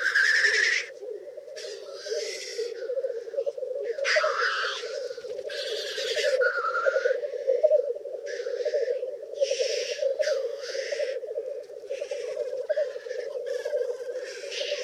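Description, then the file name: Black grouse with continuous deep bubbling rookooing under many loud hissing whooshes scattered throughout. "Black Grouse (Tetrao tetrix)"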